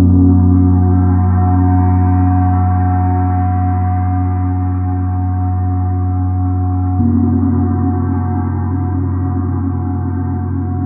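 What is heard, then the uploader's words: A Jupiter gong hums on a low, steady F# with shimmering overtones, slowly fading until a soft fresh strike near seven seconds renews it. Jupiter Gong Sound Immersion. The Jupiter gong resonates at the approximate musical note of F#.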